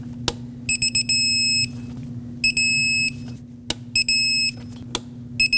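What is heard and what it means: A click-type torque wrench tightens the intake component bolts on a 2006-2015 Lexus IS250 to 7 foot-pounds in a cross pattern during a coolant temperature sensor replacement. Sharp wrench clicks sound at 0.3, 3.7 and 5.0 seconds over a steady low hum, with repeated high, alarm-like electronic beeps between them. The wrench clicks at its setting each time, and the bolts are confirmed tight.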